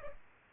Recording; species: mosquito wingbeat signal from an infrared sensor; Culex pipiens